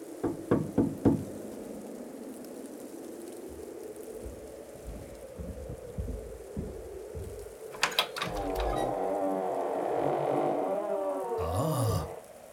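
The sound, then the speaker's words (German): A quick run of about five firm knocks on the door of a large house in a cold, snowy landscape, followed by a steady low rumble and a couple of later sharp thuds with a rising rushing noise. No one speaks. “Sie gehen auf ein großes Haus zu und stehen nun vor der Tür. Ihr versteckt euch da hinter dem großen Weihnachtsbaum. Ich klopfe an.”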